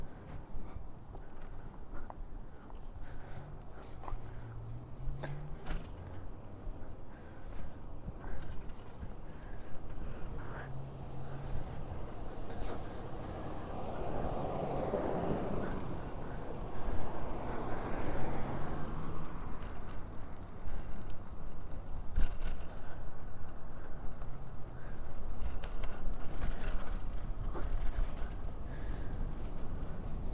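A bike ride: a steady rush of wind and rolling noise runs throughout, low and dense, with small clicks and rattles scattered across it. Around the middle a passing vehicle swells and fades, and a few low tones rise and fall underneath.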